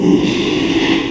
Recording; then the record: squeal of a Yucatan mini pig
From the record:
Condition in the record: after surgery on the right vocal fold (resection and tissue-engineered implant); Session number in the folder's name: 1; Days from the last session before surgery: 6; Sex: male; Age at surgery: 12 weeks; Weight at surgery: 13 kg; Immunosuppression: cyclosporine, prednisolone